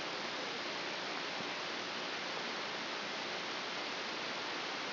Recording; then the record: brain microelectrode recording played as sound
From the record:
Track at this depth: inside the subthalamic nucleus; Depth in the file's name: 1.636 mm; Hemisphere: left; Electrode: 3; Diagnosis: Parkinson's disease